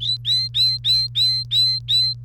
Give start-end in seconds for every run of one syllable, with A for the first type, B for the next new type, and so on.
0.00-2.14 A